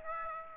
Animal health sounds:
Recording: mosquito wingbeat signal from an infrared sensor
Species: Aedes aegypti

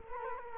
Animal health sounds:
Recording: mosquito wingbeat signal from an infrared sensor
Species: Culex quinquefasciatus

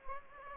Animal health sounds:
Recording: mosquito wingbeat signal from an infrared sensor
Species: Anopheles gambiae

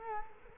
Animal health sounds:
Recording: mosquito wingbeat signal from an infrared sensor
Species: Culex quinquefasciatus

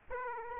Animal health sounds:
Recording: mosquito wingbeat signal from an infrared sensor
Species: Aedes aegypti

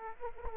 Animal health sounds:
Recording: mosquito wingbeat signal from an infrared sensor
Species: Aedes aegypti

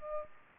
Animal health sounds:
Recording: mosquito wingbeat signal from an infrared sensor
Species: Aedes aegypti

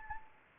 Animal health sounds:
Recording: mosquito wingbeat signal from an infrared sensor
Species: Anopheles gambiae

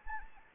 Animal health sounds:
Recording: mosquito wingbeat signal from an infrared sensor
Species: Anopheles arabiensis

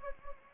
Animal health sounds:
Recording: mosquito wingbeat signal from an infrared sensor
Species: Anopheles gambiae

